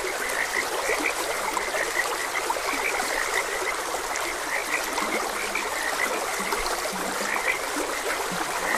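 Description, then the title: Frogs calling with many short croaks, mixed with the soft, unbroken rush of a stream. Frogs croaking beside a gentle stream. "Gentle Stream and Frogs Croaking"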